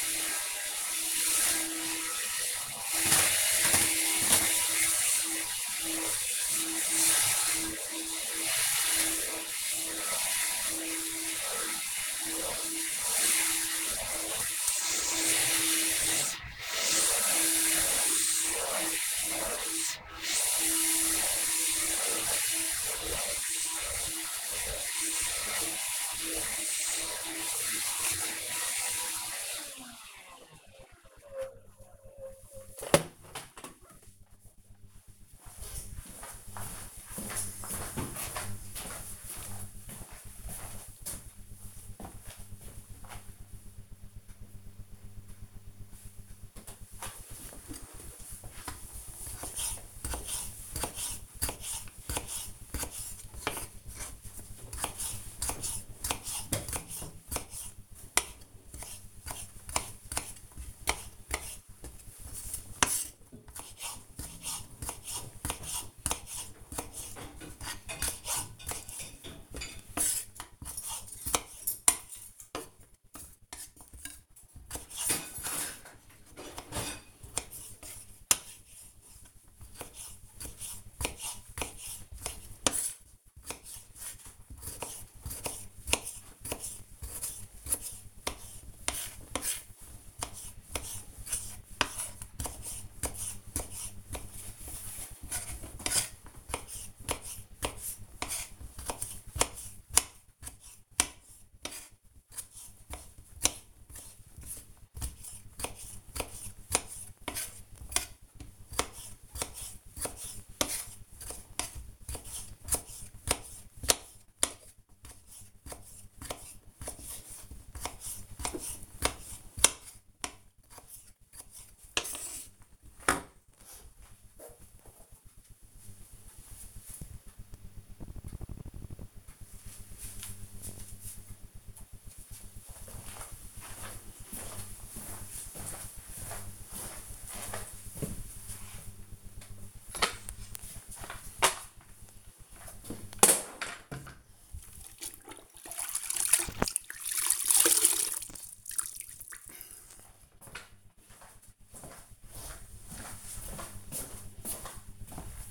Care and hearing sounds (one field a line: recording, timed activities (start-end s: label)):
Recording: household activities, microphone on the right wrist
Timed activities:
0.00-30.61 s: vacuum cleaning
45.71-123.25 s: cutting vegetables
139.35-155.51 s: floor cleaning